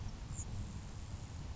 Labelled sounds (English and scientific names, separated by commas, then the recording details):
Grasshopper Sparrow (Ammodramus savannarum)
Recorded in Sonoma County, California